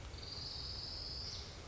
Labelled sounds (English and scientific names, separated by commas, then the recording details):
Orange-crowned Warbler (Leiothlypis celata)
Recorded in Sonoma County, California